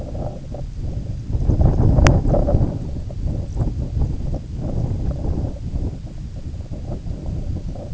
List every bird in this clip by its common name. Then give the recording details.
none. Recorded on Arctic tundra, site IGLO-A, on 19 June 2018. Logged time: 03:59